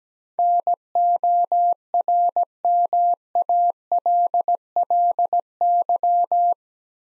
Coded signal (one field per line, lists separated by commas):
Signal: Morse code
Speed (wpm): 17 wpm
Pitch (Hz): 700 Hz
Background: none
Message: NORMALLY